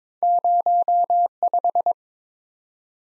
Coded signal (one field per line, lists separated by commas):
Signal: Morse code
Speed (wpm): 22 wpm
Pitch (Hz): 700 Hz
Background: none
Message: 05